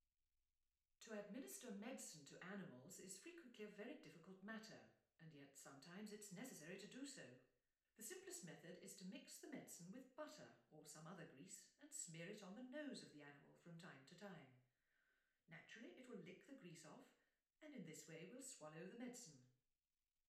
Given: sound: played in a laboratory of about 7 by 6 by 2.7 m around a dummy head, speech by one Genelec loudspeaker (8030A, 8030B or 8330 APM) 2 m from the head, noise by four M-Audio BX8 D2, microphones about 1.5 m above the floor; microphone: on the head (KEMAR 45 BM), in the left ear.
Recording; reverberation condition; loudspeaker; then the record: female speech in English; medium; 150 degrees to the left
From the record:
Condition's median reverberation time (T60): about 510 ms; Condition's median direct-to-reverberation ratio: about -0.5 dB